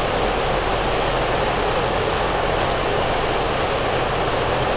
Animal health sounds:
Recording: poultry house recording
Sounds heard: no chicken sound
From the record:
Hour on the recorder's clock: 8

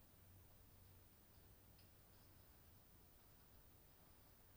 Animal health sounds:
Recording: poultry house recording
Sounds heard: no chicken sound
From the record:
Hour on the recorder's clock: 22

